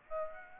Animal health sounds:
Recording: mosquito wingbeat signal from an infrared sensor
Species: Aedes aegypti

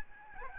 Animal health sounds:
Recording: mosquito wingbeat signal from an infrared sensor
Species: Aedes albopictus

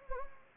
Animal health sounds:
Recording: mosquito wingbeat signal from an infrared sensor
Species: Anopheles gambiae

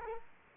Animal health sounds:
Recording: mosquito wingbeat signal from an infrared sensor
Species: Culex quinquefasciatus

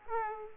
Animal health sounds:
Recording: mosquito wingbeat signal from an infrared sensor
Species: Aedes aegypti

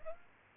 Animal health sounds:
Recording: mosquito wingbeat signal from an infrared sensor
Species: Aedes aegypti

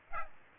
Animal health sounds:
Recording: mosquito wingbeat signal from an infrared sensor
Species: Aedes aegypti

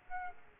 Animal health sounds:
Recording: mosquito wingbeat signal from an infrared sensor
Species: Aedes aegypti

